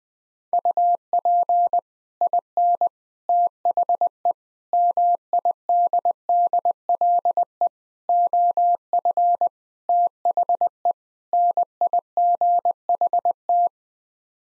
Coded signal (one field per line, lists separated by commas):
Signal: Morse code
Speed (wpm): 20 wpm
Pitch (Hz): 700 Hz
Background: none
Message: UP IN THE MIDDLE OF THE NIGHT